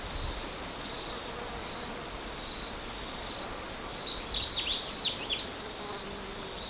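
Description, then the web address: Yellow-bellied seedeater song, a quick burst of high, varied twittering notes lasting under two seconds, over a steady hiss of insects. Ecuador. "Natures Songs S America Birds of Ecuador. Yellow-Bellied Seedeater"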